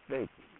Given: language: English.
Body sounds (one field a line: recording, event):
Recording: throat vibration sensor signal played as sound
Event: speech